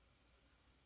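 A plastic fitting is being handled at its recess on the second side of an RC crawler chassis, before it is pressed in. Only a faint, steady broadband hiss with low rumble is heard, with no distinct transients. Nothing has seated or clicked yet.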